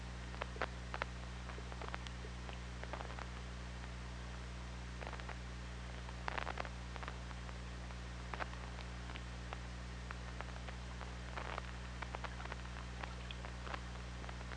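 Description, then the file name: Killer whale clicks, many brief sharp ticks in irregular bursts, densest near six and twelve seconds, above a continuous low hum and hiss. OrcaLab hydrophone recording made 24 August 2017 at 23:57:20, just before midnight. "Orca Lab UTLN JASON 20170824 235720"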